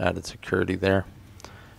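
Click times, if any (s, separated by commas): 1.4 s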